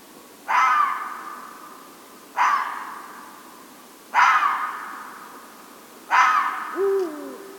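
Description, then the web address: Red fox giving four hoarse, rasping barks about two seconds apart, each falling away quickly, with a brief lower, wavering call heard at the close. Recorded at Mynämäki on 8 March 2008 at 00:44, at night, with an MKE 300 microphone. "hlehto. 20080308 0044 mynama kettu"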